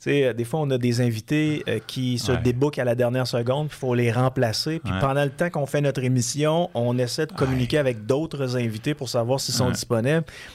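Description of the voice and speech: A man speaks fluent Quebec French at a brisk, even pace, with a clear, steady mid-low voice and only brief pauses. Articulation is crisp, with no blocks, repetitions or slurring. This is ordinary speech with no voice or speech disorder.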